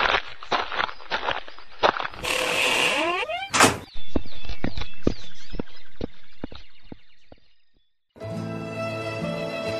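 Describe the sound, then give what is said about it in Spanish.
A door swings and shuts with a solid thud after a rush of scraping, surrounded by uneven knocks and footstep-like taps, then a brief silence and a dense rattling texture. “Cierra la puerta, mujer, para que la clarita no salga.”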